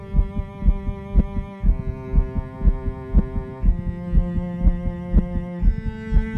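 Steady, regular low thumps at about 120 a minute sit beneath sustained, held musical chords. This is the heartbeat of an adult patient near the end of life, recorded with an electronic digital stethoscope during music therapy, cleaned of extra noises, looped, and layered with the chords of a song the patient wrote, with the heartbeat given precedence.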